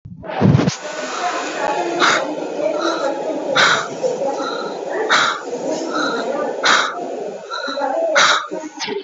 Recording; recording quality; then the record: deep breathing; excellent, no background noise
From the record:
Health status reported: COVID-19 positive, moderate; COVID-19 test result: positive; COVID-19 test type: RT-PCR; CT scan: taken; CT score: 20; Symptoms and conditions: cough, breathing difficulty, fever, fatigue, pneumonia, diabetes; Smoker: no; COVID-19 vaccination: none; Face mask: worn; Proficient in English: yes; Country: India